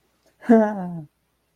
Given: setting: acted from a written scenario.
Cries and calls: vocal sound without words; positive surprise

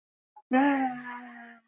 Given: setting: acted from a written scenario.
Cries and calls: vocal sound without words; relief

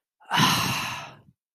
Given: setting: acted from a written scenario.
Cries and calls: vocal sound without words; negative surprise

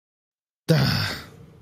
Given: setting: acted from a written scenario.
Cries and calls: vocal sound without words; contempt

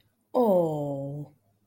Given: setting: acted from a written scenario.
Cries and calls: vocal sound without words; adoration

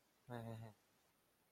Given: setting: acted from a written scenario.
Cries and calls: vocal sound without words; embarrassment

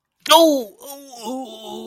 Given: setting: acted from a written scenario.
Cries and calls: vocal sound without words; pain

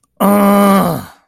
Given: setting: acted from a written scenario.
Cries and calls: vocal sound without words; anger

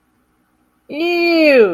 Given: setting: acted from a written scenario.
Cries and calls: vocal sound without words; disgust

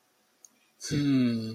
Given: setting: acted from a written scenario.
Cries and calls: vocal sound without words; romantic love

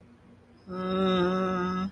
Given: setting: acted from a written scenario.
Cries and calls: vocal sound without words; shame

